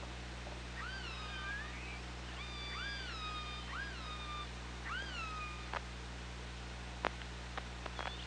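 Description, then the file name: Killer whale calls: a series of rising-then-falling harmonic calls, followed by a few sharp clicks, over a low steady hum. Recorded by OrcaLab hydrophone on 24 August 2017, about 15:53. "Orca Lab UTLN JASON 20170824 155333 ORCALABDYNI"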